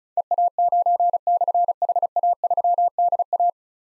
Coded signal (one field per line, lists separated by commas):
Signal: Morse code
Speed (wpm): 36 wpm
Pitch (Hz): 700 Hz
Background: none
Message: EA9/HA3DA